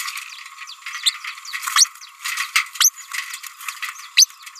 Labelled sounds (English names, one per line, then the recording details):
Green-rumped Parrotlet babbling
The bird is a female
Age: 29 days
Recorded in a nest box in Venezuela
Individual 17B31A3